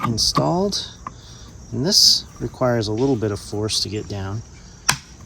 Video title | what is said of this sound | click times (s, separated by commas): Installing Russian Plum furniture on an AK-74 | there you go it'll click into place | 4.9 s